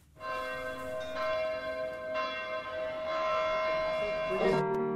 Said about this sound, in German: Aber es beginnt erst einmal mit Kirchenglocken und die läuten nicht gerade zu einer Hochzeit.